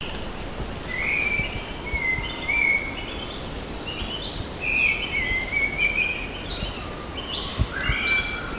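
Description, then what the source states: Grey-cheeked bulbul calls: short rising and falling warbled phrases that overlap one another, over a steady high-pitched insect drone throughout. Recorded at Sepilok on 6 August 2009.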